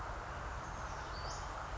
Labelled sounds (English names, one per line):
Western Flycatcher